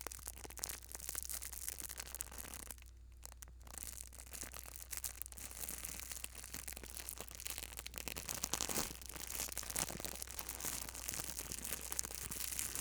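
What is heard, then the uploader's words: Plastic packaging is crinkled in a steady, dense stream of crisp, bright crackles with no real pauses. Around the three-second mark the rustling thins briefly, then builds back and grows busier after eight seconds. A low, constant hum sits underneath throughout. ASMR - Tingly Crinkling of Plastic Packaging.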